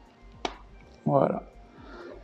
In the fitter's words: en fait ça rentre voilà ça se clipse dedans